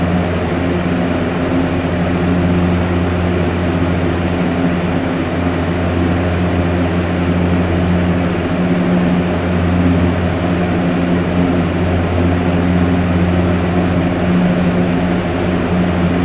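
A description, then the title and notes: A box fan runs at a steady, even setting, its low motor hum forming a constant drone with a soft airy hiss spread above it. Nothing changes across the whole stretch; the sound is close, dense and unbroken. Background fan white noise. This is the sound of a box fan at the most comfortable setting.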